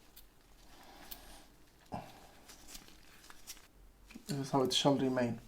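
During reassembly of an old Nokia 6710s Navigator mobile phone, a plastic part, likely the cover over the dust-sensitive area, is handled against the phone housing with faint taps and rustles while someone talks. Nothing has seated or clicked into place yet.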